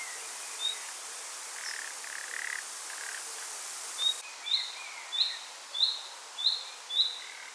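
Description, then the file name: Common nightingale producing a quick run of rising whistles in the second half, preceded by a single whistle and soft lower notes amid a noisy hiss. "Luscinia megarhynchos"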